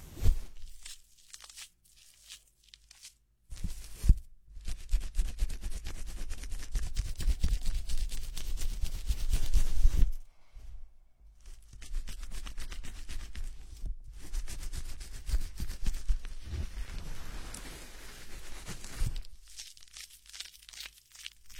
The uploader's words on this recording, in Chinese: 头部按摩 洗头(无人声)。